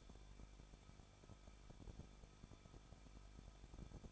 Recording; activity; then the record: daily activity, microphone in the room; no activity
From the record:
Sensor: 5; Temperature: 20.8 degrees Celsius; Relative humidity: 38.4%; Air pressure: 1006.5 hPa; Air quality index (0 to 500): 191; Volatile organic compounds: 20 ppm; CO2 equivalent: 2701 ppm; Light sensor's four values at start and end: 2/3/1/1 and 2/3/1/1